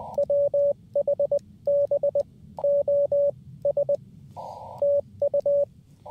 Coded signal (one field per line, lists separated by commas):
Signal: Morse code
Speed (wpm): 20 wpm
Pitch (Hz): 570 Hz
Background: radio noise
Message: WHB OS TU